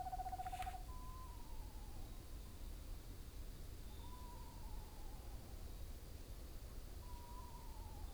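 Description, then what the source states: Screech owl whinnies: a trill ends at the start, then three descending quavering calls spaced about three seconds apart over steady hiss. Several screech owls calling together.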